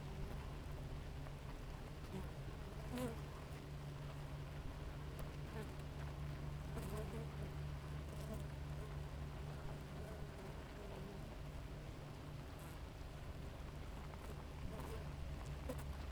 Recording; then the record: honeybee colony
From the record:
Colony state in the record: active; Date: 28 July 2017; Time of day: 5:19